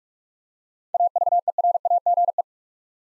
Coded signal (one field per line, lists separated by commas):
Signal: Morse code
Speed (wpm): 47 wpm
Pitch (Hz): 700 Hz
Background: none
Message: AVERAGE